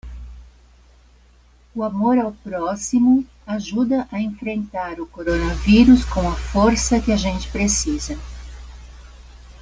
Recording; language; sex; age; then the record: spoken sentence; Brazilian Portuguese; female; 70 to 79 years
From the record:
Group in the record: control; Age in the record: 72 years